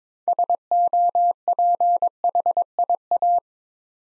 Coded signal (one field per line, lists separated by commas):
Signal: Morse code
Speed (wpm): 22 wpm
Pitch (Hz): 700 Hz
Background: none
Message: SOPHIA